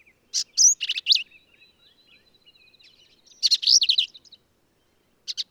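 Black-capped vireo delivering lively phrases of clipped, sliding and buzzy notes, with softer twitters between the louder bursts.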